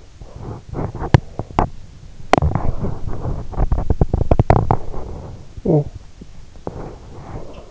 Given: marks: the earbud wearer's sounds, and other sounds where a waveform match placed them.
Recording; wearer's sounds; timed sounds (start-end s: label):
sounds in sleep by an in-ear microphone; teeth grinding, talking in sleep
0.23-1.74 s: teeth grinding
2.23-5.94 s: teeth grinding
5.44-5.94 s: talking in sleep